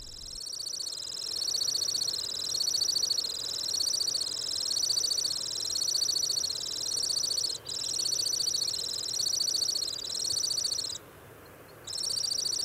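Temminck's stint singing a sustained high, rippling trill that undulates gently in pitch, continuing for many seconds with only brief breaks.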